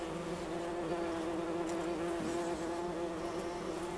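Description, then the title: Bumblebee buzz, an unbroken deep hum with a slight wobble in pitch midway, steady from start to finish. Bumblebee buzzing recorded in Wülfel, Hannover, Germany. "Wülfel, Hannover, Deutschland - Hummelgebrumm"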